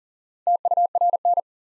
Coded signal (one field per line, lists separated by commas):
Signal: Morse code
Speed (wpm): 37 wpm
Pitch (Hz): 700 Hz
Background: none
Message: TURN